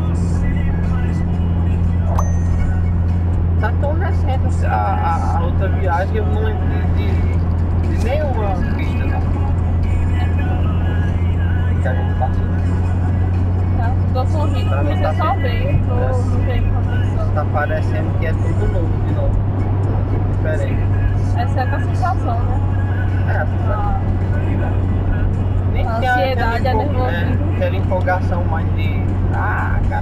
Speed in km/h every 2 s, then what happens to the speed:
88, 98, 98, 98, 100, 100, 104, 105, 103, 101, 101, 105, 107, 106, 106.
0-30 speeds up to 106.